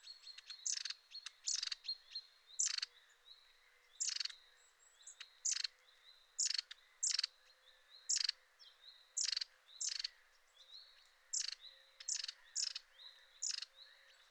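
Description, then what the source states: Long-tailed tit calling: rasping rattles alternate with very high, thin whistled notes, delivered in an uneven stream with brief pauses between bursts. Recorded 6 April 2021.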